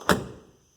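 The door of a 1985 Mercedes 300SD is slammed hard, and its latch catches on the door striker with a single loud thunk at 0.1 s, followed by a short ringing decay that fades by about 0.5 s. The door seats on the slam because a small, deteriorated rubber piece keeps it from catching when shut normally.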